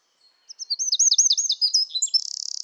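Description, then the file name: Eurasian wren singing a rapid run of high looping, twisted notes that ends in a fast buzzy rattle, with no other sounds. "Troglodytes troglodytes"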